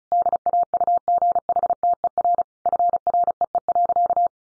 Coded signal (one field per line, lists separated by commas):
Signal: Morse code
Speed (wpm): 34 wpm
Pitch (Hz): 700 Hz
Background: none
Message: DAUGHTER FREE.